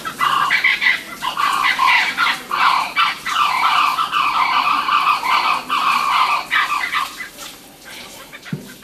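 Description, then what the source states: Blue-winged kookaburras cackling loudly together, harsh chattering notes in irregular bursts, with a brief low thump near the end. A group calling wildly in a tree at a caravan park in Mount Isa, outback Queensland, Australia, just after sundown; sounds a little like a monkey, different from kookaburras further south.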